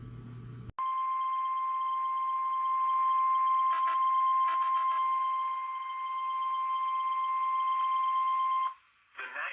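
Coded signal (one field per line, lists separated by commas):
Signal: Emergency Alert System (SAME) tones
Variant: 1050 Hz attention tone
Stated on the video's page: Tornado and severe thunderstorm warnings from NOAA Weather Radio station KIH54 Birmingham, Alabama, captured via a website.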